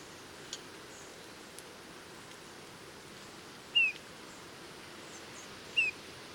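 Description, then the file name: Eurasian bullfinch uttering two quiet, plaintive descending piping notes two seconds apart, with faint ticks and a hissing background. "Pyrrhula pyrrhula"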